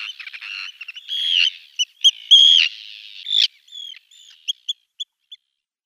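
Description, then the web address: Arctic tern rasping, drawn-out calls, then a few short high clipped notes spaced out as the calling trails off. "Schulze Peter Arctic Tern"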